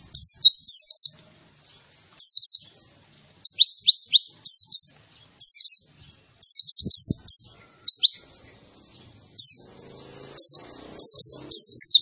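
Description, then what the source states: White-eye delivering short clusters of high, sweeping chirps separated by brief gaps, with faint low rustling in the background. Young bird; described as gacor, meaning singing vigorously and continuously.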